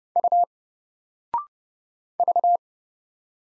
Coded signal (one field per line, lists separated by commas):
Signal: Morse code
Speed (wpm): 30 wpm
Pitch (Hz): 700 Hz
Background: none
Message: U V